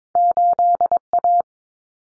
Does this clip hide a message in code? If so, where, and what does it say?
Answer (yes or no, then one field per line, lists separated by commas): yes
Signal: Morse code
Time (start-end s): 0.2-1.4 s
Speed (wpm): 22 wpm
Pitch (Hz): 700 Hz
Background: none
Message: 8A